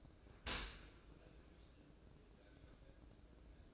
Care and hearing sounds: daily activity, microphone in the room; open dishwasher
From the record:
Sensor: 2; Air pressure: 1012.2 hPa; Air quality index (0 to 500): 146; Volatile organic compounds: 2 ppm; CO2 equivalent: 1072 ppm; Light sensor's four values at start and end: 293/719/292/295 and 293/719/292/296

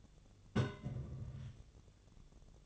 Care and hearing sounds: daily activity, microphone in the room; place on stove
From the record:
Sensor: 4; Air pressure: 1000.8 hPa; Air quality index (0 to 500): 127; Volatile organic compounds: 1 ppm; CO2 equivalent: 957 ppm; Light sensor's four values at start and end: 38/93/39/43 and 38/93/39/43

